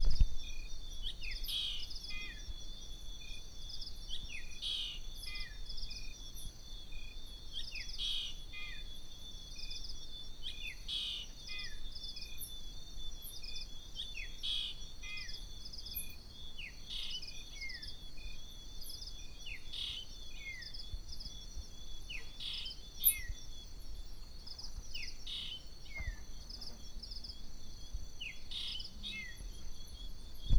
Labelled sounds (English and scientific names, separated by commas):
Fork-tailed Drongo (Dicrurus adsimilis)